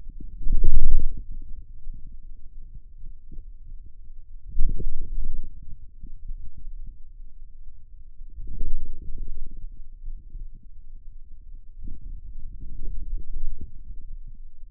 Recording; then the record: forearm muscle sounds (acoustic myography)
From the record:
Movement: outward rotation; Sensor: system 2, bracelet of six BSWA MPA416 microphones around the upper forearm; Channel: 4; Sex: male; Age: 22 years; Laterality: right